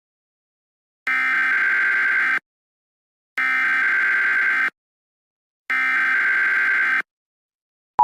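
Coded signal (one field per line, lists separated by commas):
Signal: Emergency Alert System (SAME) tones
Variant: header bursts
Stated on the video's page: Fictional EAS scenario made with KineMaster and a narrator voice app.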